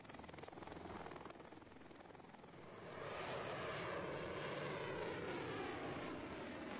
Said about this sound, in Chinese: 受阅飞机组成舰载直升机，反潜巡逻作战、预警指挥、远海作战、对海突击、远距支援掩护、制空作战等10个空中梯队在受阅舰艇编队上方凌空飞过